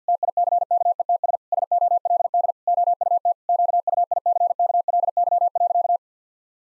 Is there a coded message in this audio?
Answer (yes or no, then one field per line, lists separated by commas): yes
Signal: Morse code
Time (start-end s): 0.1-6.0 s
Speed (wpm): 50 wpm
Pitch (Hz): 700 Hz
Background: none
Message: TICKETS SOLD OUT QUICKLY.